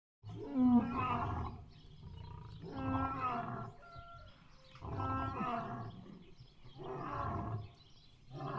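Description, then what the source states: Lion roaring: several deep, moaning roars with rich harmonics, spaced roughly two seconds apart. Lion roaring heard from a distance.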